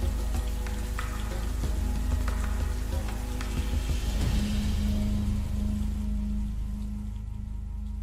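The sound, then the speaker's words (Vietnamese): Steady rain pours down in a dense, continuous hiss, with scattered drops pattering over a low, constant hum. No one speaks, and the downpour stays even and fairly loud throughout. “Máu tươi hòa lẫn với nước mưa được rễ cây của hoa mẫu đơn hút vào trông hết sức quỷ dị.”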